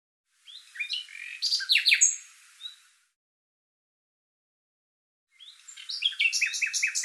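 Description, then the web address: Bird song: two phrases of varied chirps and rising or falling sweeps, the second ending in rapidly repeated notes. "Deverinetal 2025"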